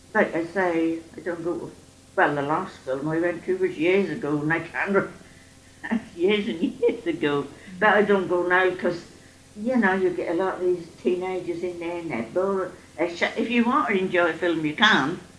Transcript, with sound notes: like I say, I don't go-- Well the last film I went to was years ago, [laughs] Years and years ago. But I don't go now 'cause, you know, you get a lot of these teenagers in there and they're bored, if you want to enjoy a film, you can't.